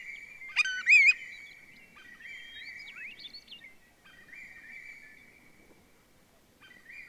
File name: Willet